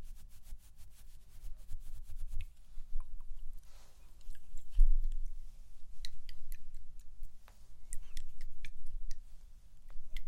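Microphone brushing and tapping: sharp, bright taps land irregularly throughout, denser in the first two seconds and again after six. A soft scraping brush swells around four to five seconds, over a steady low rumble.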